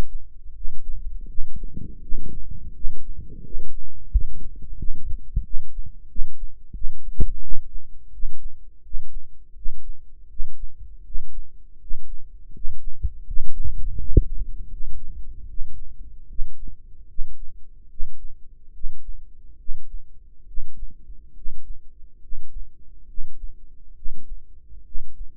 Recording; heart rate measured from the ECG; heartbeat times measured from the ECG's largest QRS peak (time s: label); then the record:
heart sounds by microphone in the right ear; 79 bpm
0.53 s: heartbeat
1.26 s: heartbeat
2.00 s: heartbeat
2.72 s: heartbeat
3.42 s: heartbeat
4.10 s: heartbeat
4.76 s: heartbeat
5.42 s: heartbeat
6.07 s: heartbeat
6.73 s: heartbeat
7.40 s: heartbeat
8.11 s: heartbeat
8.82 s: heartbeat
9.54 s: heartbeat
10.28 s: heartbeat
11.03 s: heartbeat
11.78 s: heartbeat
12.52 s: heartbeat
13.24 s: heartbeat
13.96 s: heartbeat
14.68 s: heartbeat
15.46 s: heartbeat
16.27 s: heartbeat
17.06 s: heartbeat
17.88 s: heartbeat
18.72 s: heartbeat
19.57 s: heartbeat
20.45 s: heartbeat
21.33 s: heartbeat
22.19 s: heartbeat
23.06 s: heartbeat
23.94 s: heartbeat
24.83 s: heartbeat
From the record:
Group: healthy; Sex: male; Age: 35 years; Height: 180 cm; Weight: 86.9 kg